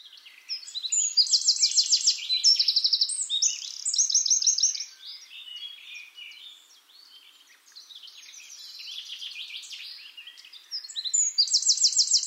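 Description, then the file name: Eurasian wren giving a loud song of piercing notes and rapid machine-gun trills, then a stretch of softer twittering, then the start of another loud song. "Troglodytes troglodytes"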